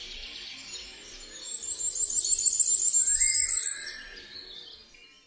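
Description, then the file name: Common firecrest singing a quick series of thin, very high repeated notes for about two seconds, with a softer, lower sound near the end, over faint background noise. "ZNICZEK"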